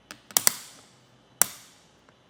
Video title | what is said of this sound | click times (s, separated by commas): etrailer - Test Fitting the Yakima SkyLine Roof Rack Kit - 2024 Subaru Crosstrek | After when this is tightened all the way, it'll let you know it's tightened when you start to hear that click. | 0.4 s, 0.5 s, 1.4 s